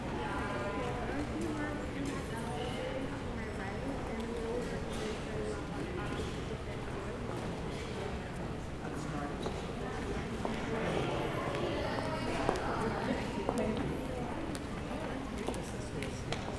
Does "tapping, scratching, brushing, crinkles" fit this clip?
no